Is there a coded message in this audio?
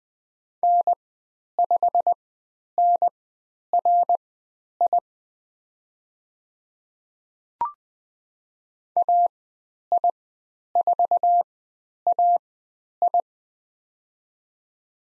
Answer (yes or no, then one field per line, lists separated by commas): yes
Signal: Morse code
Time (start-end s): 0.6-13.2 s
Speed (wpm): 20 wpm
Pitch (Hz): 700 Hz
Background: none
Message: N5NRI AI4AI